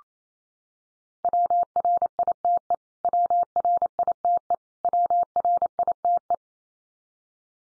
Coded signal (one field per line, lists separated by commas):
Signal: Morse code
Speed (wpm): 28 wpm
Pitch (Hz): 700 Hz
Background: none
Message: WRITE WRITE WRITE